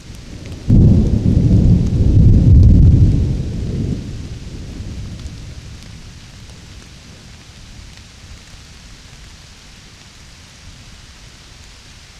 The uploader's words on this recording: A Summer Storm. A big storm rolled in over Tübingen one summer evening. Recorded in the forest on the hill above our place, just as the first rain hit.